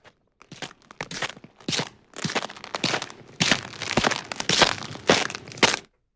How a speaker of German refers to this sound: Schritte.